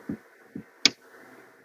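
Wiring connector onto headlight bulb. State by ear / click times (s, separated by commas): seated / 0.9 s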